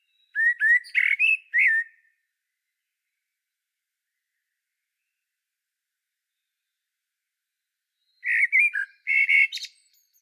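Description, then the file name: Common blackbird giving a burst of rich whistled and twittery notes, then a long silence before a second similar burst; still background. "Turdus merula"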